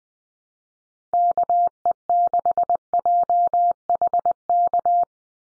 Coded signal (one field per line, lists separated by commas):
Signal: Morse code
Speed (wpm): 20 wpm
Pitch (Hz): 700 Hz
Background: none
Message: KE6JHK